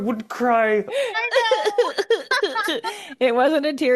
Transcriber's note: laughs